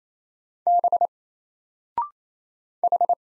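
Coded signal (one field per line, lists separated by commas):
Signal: Morse code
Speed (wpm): 27 wpm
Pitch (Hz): 700 Hz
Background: none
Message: B H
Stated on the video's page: Single Morse letters at 28 wpm, each sent, then spoken after a 0.6-second pause, then sent again; character recognition drill.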